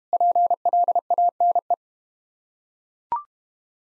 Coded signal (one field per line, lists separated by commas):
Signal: Morse code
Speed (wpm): 32 wpm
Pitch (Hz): 700 Hz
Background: none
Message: PLANE